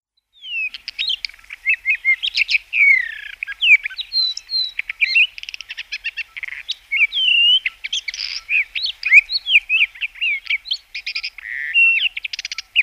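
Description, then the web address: Black bush robin singing a long, varied, continuous string of whistled slurs, rapid buzzy rattles and sharp chirps, with barely a pause between phrases. "Schulze Peter Black Bush Robin song"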